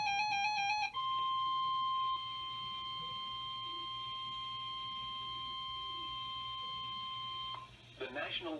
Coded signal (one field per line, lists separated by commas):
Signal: Emergency Alert System (SAME) tones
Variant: 1050 Hz attention tone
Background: speech, music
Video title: EAS #2046-2062 - Flash Flood Severe Thunderstorm and Tornado Alerts for 8-18-2024 Part 1